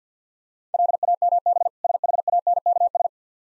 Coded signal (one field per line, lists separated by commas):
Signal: Morse code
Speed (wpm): 50 wpm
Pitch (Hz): 700 Hz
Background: none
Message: LAMB SHANKS